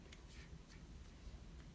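A replacement sport loop band's lug connector is handled at the slot of a smartwatch case, being slid in and turned to the correct direction. Faint scrapes and light ticks sit over a low background hum, with a brief sharp tick at about 0.1 s. Nothing has seated or clicked into place yet.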